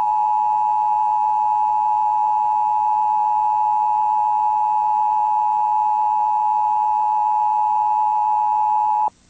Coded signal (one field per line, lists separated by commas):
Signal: Emergency Alert System (SAME) tones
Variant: 853 and 960 Hz attention tone